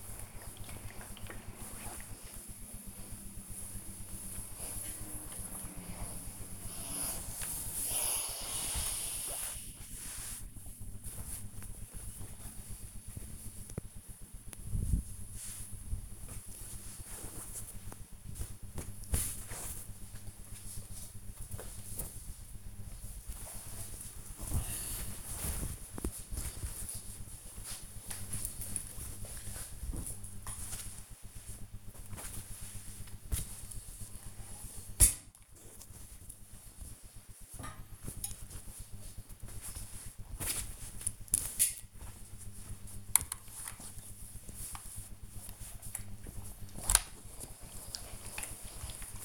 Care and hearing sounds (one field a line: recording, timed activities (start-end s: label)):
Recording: household activities, microphone on the right wrist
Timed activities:
0.00-22.52 s: ironing laundry
47.67-49.25 s: ironing laundry